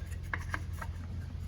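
A sewer cap is twisted onto the bayonet ears of the sewer outlet on a 2023 Crossroads Zinger 292 RV until it locks into place. A sharp click at 0.3 s is followed by fainter scraping clicks around 0.5, 0.8 and 1.0 s over a steady low hum. The cap ends up seated and locked onto the outlet.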